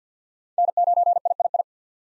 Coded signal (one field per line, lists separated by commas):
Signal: Morse code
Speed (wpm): 45 wpm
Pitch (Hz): 700 Hz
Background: none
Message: N9III